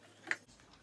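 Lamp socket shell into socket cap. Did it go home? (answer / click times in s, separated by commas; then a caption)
yes / 0.3 s. After rewiring a vintage lamp, the metal socket shell is pushed down over the socket base and snaps into the socket cap. A single sharp click sounds at 0.3 s over quiet background hiss, and the shell is seated in the cap.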